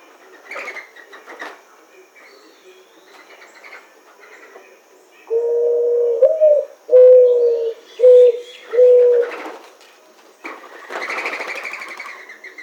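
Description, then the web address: Mourning dove cooing: a few low, soft hooting notes in a row midway, with chirping sounds before and after. Recorded 1 August 2009. "Mourning Dove 2009 08 01"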